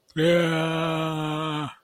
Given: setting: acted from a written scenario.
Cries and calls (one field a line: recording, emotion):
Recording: vocal sound without words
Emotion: distress